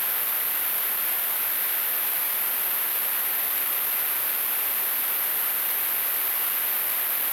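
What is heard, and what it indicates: A steady, unchanging hiss with a piercing, very high-pitched ringing edge runs for about seven seconds without pause. It is a simulation of tinnitus, the constant ringing or hissing a person perceives in the ears with no outside sound.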